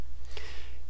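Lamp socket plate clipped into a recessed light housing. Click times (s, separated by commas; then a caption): 0.4 s. The spring clips on the metal socket plate of a lamp socket clipped into a recessed light housing are undone to free the lamp socket. A short, sharp snap is heard at 0.4 s over a low steady hum, and the socket comes free.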